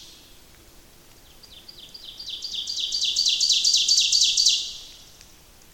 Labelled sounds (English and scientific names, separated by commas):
Ovenbird (Seiurus aurocapilla) song